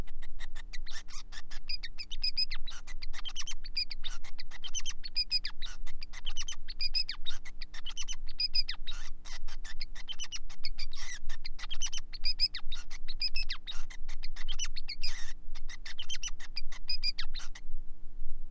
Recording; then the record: song of a male Bengalese finch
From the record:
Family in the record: son of father 5